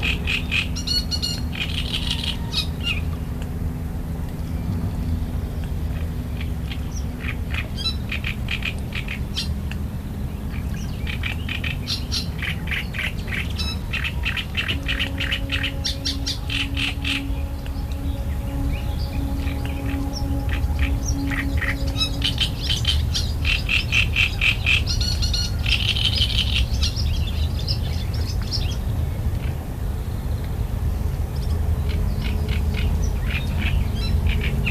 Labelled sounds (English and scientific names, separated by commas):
Great Reed Warbler (Acrocephalus arundinaceus) song